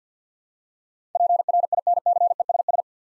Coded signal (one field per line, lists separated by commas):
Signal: Morse code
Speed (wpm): 48 wpm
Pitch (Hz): 700 Hz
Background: none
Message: PRINCESS